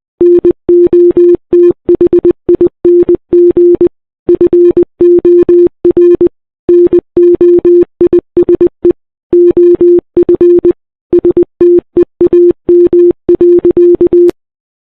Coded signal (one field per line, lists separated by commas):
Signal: Morse code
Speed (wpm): 20 wpm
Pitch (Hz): 350 Hz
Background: none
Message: NOTHING FOR NOISE OF STEAM.